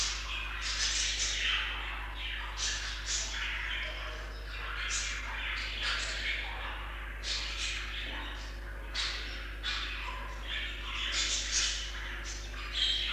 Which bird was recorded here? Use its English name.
Budgerigar